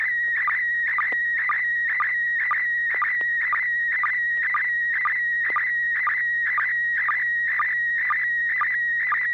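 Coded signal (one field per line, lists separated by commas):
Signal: SSTV (slow-scan television)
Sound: warbling tone around 1.9 kHz with rhythmic low chirps twice a second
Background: low hum, FM hiss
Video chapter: and6 pgq almost perfect reception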